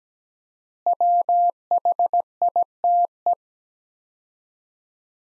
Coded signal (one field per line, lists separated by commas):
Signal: Morse code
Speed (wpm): 17 wpm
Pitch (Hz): 700 Hz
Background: none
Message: WHITE